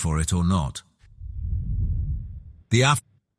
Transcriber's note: wind blowing